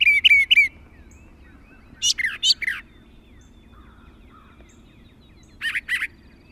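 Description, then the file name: Brown thrasher singing short, separated bursts of slurred whistled notes, paired phrases with long pauses between them. "suara-kicauan-brown-thrasher 5-omkicau"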